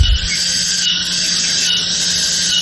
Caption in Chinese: 这个就是蝉鸣。 像有蝉在叫。 耳鸣啊是一种叫声音幻觉，它 是在外界环境中没有声源的情况下呢，它感觉到耳内啊或颅内产生声音。